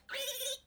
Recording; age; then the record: pig call; piglet (1 to 25 days)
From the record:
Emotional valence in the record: negative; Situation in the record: restrain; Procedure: back test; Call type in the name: high-frequency call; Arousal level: maximum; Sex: male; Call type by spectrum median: high-frequency call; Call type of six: high-frequency stable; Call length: 0.66 s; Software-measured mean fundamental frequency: 276 Hz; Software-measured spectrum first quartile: 2428 Hz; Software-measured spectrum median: 4180 Hz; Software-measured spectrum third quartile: 8797 Hz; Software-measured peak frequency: 541 Hz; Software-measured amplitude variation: 172 dB a second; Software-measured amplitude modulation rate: 17.4 a second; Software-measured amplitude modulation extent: 9.9 dB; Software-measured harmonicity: 4.9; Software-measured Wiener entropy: -2.39